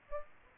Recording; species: mosquito wingbeat signal from an infrared sensor; Aedes aegypti